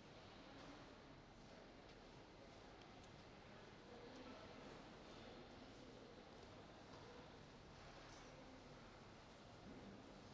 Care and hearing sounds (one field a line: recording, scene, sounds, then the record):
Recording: everyday scene through a hearing-aid microphone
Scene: reverberant space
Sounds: background noise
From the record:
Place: railway station hall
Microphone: in the ear canal, right